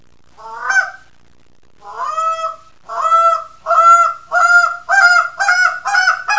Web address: Goose -Canada